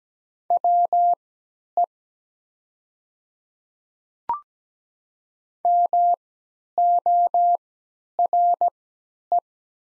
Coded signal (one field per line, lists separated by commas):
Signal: Morse code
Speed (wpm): 17 wpm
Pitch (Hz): 700 Hz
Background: none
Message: WE MORE